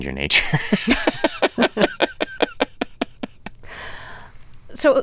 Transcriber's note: laughter